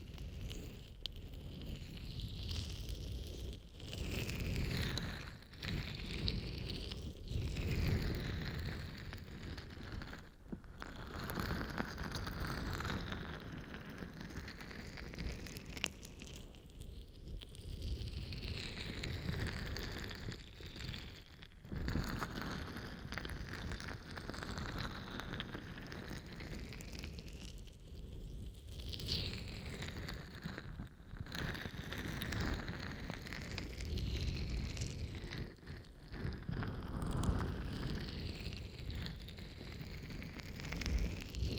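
Steady rubbing and stroking of an ear, a dense, soft rushing that sweeps up and down in slow waves as the hand moves. Brief gaps and soft taps break it every few seconds, with a low muffled rumble underneath throughout.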